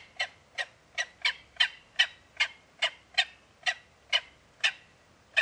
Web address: sound Gyrfalcon. صدای-پرنده-شنقار